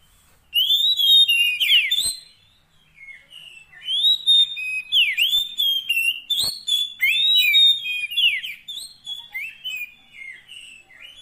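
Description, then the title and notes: Oriental magpie-robin song: loud, varied whistled phrases with rising and falling slurs, with a short pause after the opening phrase. Long-duration isian (fill-in) song, used so that a kept bird sings loudly day and night. "Kacer Jadi Gacor Siang Malam. Isian Kacer Durasi Panjang"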